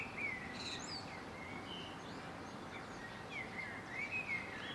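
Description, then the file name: Birds singing, thin whistled notes sliding down and up, clearest near the start and again toward the end, over steady background hiss. Residential area in the morning. "Surroundresidentialmorningbirds"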